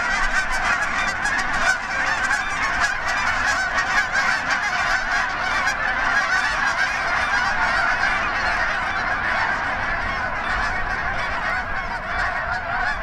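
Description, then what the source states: Canada goose flock calling nonstop, many loud nasal honks overlapping into a steady wall of sound throughout. Geese taking off.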